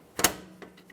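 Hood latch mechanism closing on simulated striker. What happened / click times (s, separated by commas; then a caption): The metal latch snapped closed / 0.2 s. An angled pick presses down the metal hood latch mechanism of a 2009-2014 Nissan Maxima, standing in for the hood striker, to test the latch after a new hood release cable is installed. A sharp metallic snap at 0.2 s is followed by a few fainter ticks, and the latch closes and seats.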